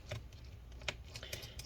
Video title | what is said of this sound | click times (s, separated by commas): DELL Latitude 7480 Disassembly RAM SSD Hard Drive Upgrade Repair Battery Motherboard Replacement | here we go same thing i'll listen for that click and then twist it | 0.9 s